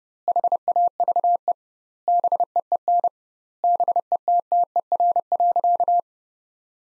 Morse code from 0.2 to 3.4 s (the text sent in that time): HAVE BEEN